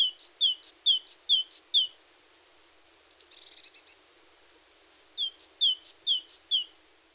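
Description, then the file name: Great tit repeating sharp paired whistles, interrupted by a short buzzy chatter of rapid notes, then the two-note song resumes. "Parus major"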